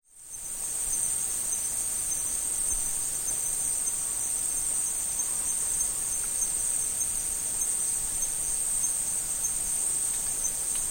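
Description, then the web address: Insects in a steady, unbroken high-pitched shrilling chorus that fades in at the start and holds constant. Tropical forest insects. "Tom Hutchings Insects Tropical"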